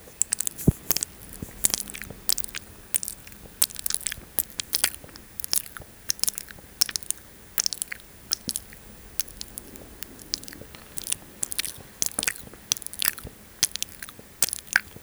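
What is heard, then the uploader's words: Intense mouth sounds: wet clicks, smacks and crunchy bites burst out rapidly and irregularly for the whole fifteen seconds, several per second. The sharp snaps are bright and crisp, while a soft low hum sits quietly underneath. Mouth Sounds very intense.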